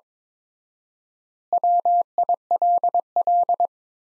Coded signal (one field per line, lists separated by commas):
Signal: Morse code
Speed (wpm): 22 wpm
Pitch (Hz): 700 Hz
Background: none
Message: WILL